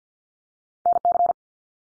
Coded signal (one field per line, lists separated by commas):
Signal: Morse code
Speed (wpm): 48 wpm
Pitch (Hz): 700 Hz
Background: none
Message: NC